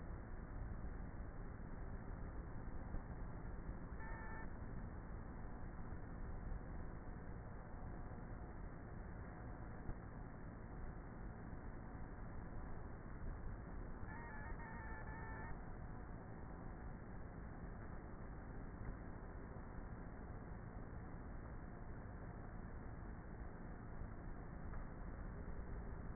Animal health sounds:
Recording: honeybee colony, microphone inside the hive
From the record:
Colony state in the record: queenless with a low population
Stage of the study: before two queens were removed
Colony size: about 30,000 bees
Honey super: no

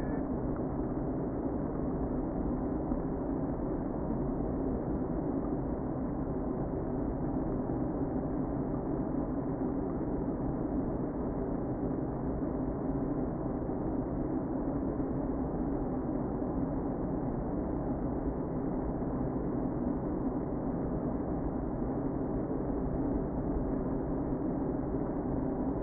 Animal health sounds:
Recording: honeybee colony, microphone inside the hive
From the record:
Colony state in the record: queen present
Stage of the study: before two queens were removed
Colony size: about 60,000 bees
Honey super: yes

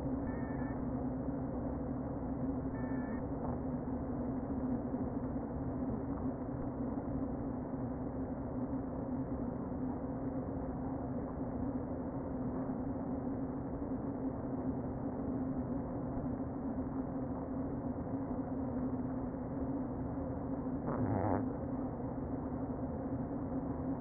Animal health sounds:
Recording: honeybee colony, microphone inside the hive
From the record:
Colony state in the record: queen present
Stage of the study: before two queens were removed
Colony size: about 60,000 bees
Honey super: yes

